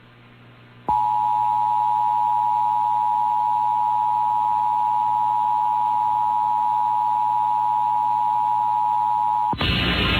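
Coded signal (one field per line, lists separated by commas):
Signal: Emergency Alert System (SAME) tones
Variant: 853 and 960 Hz attention tone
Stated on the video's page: Monthly EAS test on New York FM station, recorded off air on an XHDATA D-318BT receiver.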